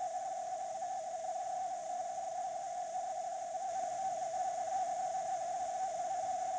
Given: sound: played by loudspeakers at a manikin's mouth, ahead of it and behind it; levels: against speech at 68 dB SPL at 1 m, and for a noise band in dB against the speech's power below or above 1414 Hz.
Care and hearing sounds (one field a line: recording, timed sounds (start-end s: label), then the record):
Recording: test signals for a remote microphone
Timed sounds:
0.00-6.59 s: noise band at 707 Hz, as loud as that band is in speech
From the record:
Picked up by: remote microphone D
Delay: 24 ms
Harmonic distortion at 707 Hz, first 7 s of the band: under -32 dB